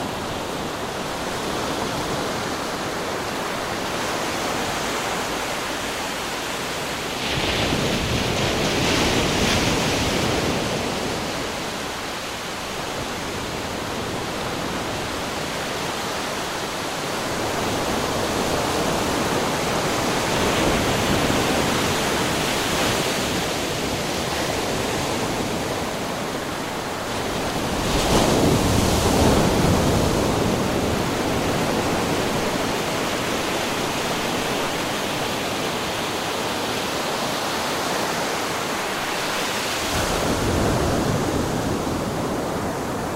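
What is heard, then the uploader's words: Ocean waves roll onto the shore in a steady, dense wash of hissing surf. Louder surges swell up every several seconds, with stronger crashes near 9, 28 and 40 seconds, then ease back into a continuous rushing roar. Ocean Waves Rolling Onto Shore. The rhythmic ebb and flow of the water.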